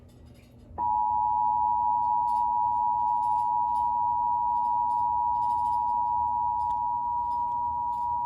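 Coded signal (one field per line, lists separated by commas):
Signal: Emergency Alert System (SAME) tones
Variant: 853 and 960 Hz attention tone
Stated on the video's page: National periodic EAS test heard on two televisions at once.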